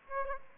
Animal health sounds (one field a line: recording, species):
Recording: mosquito wingbeat signal from an infrared sensor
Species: Aedes aegypti